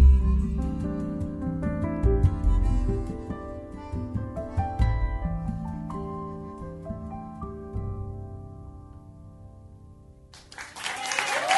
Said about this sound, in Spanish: Bravo. Bravo. Aplausos.